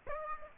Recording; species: mosquito wingbeat signal from an infrared sensor; Aedes aegypti